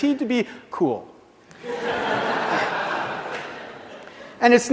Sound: laughs